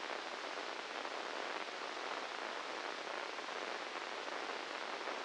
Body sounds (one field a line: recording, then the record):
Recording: brain microelectrode recording played as sound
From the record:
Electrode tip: inside the subthalamic nucleus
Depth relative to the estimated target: -4 mm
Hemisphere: left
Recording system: NeuroSet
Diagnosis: Parkinson's disease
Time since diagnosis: 10 years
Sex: male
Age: 56 years